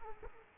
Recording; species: mosquito wingbeat signal from an infrared sensor; Aedes aegypti